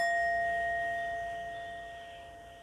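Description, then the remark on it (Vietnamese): A struck temple bell rings on in a sustained resonant hum, its steady overtones slowly fading over a few seconds with no voices present. “Cho nên bây giờ không có cái gì mau ngộ bằng cái chuông mỏ.”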